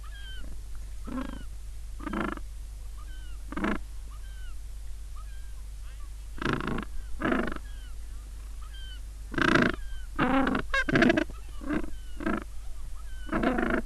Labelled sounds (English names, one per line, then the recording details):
Gentoo Penguin
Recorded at the colony at Booth Island, Antarctica, on 21 December 2014
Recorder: Song Meter SM2+